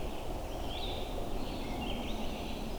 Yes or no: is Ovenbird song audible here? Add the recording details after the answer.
no. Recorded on 21 June 2016 at 05:20. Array SBT-6-76